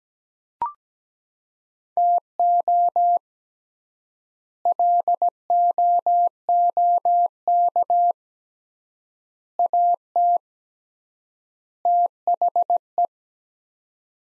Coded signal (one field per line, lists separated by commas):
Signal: Morse code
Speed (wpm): 17 wpm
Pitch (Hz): 700 Hz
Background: none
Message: TO LOOK AT THE